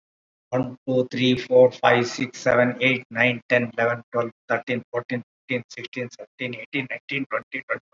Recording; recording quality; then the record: counting at a normal pace; excellent, no background noise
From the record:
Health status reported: COVID-19 positive, moderate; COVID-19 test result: positive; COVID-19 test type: RT-PCR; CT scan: not taken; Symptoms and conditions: cough, cold, fever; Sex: male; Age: 70 years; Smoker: no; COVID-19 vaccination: both doses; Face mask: worn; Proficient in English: no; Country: India